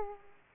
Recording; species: mosquito wingbeat signal from an infrared sensor; Aedes aegypti